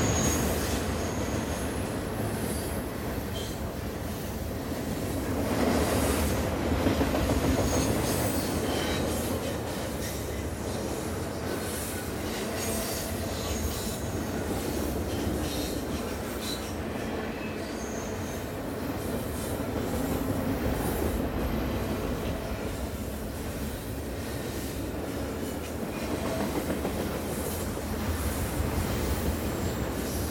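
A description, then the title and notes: A long tanker train rolls past on a curve, a steady dense rumble of wheels and cars that stays loud for the whole half minute. Thin metallic squeals ride over the noise, swelling around six seconds and again near twenty-five, with faint clicking from the rails. A medium-length tanker train recorded at Carkeek Park, Seattle. I really love the squealing brakes on this train as rounds the bend I'm standing in. Recorded in tight MS. Mid: MKH8060 side: MKH30 recorder: SD702.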